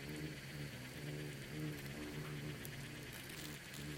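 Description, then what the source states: Insects swarming, a steady low drone with a few soft ticks. Bugs and beetles swarming in the Namib desert; a quiet desert soundscape of micro-sounds.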